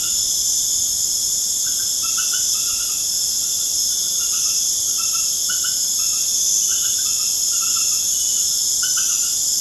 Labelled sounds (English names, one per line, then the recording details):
none
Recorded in pastures near Puerto Asís, Putumayo, Colombia, on 29 June 2025 at 19:30
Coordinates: 0.496, -76.326
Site GP01